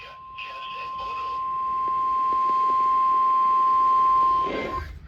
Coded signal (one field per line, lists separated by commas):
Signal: Emergency Alert System (SAME) tones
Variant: 1050 Hz attention tone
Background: speech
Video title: (EAS #2,059 - #2,088) PI DAY CELLS - EAS Alerts from 3/14/25